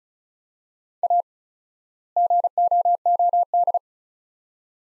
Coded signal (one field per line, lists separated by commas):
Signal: Morse code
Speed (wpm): 36 wpm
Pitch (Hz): 700 Hz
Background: none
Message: A GOOD